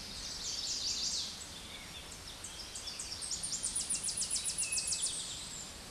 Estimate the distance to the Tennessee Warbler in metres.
about 25 m